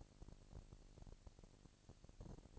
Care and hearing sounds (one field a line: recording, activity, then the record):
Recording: daily activity, microphone in the room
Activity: no activity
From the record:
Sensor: 5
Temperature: 20.1 degrees Celsius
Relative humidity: 38.3%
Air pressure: 998.9 hPa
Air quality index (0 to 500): 218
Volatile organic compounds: 24 ppm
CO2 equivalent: 2805 ppm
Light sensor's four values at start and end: 2/3/1/1 and 2/3/1/1